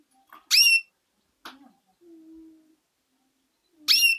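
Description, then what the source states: Canary giving two bright, down-slurred calls, separated by a soft scratchy sound and a faint, steady low tone. Female bird.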